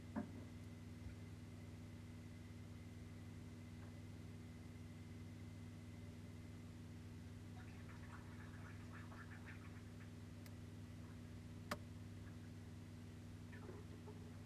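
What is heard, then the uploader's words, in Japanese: A refrigerator hums steadily in a low, even drone, with faint clicks and small ticking sounds around eight to ten seconds and near twelve. 冷蔵庫。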